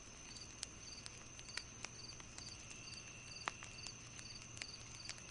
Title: The Most Relaxing Fire Burning Crackling Sounds & Singing Crickets On A Cozy Night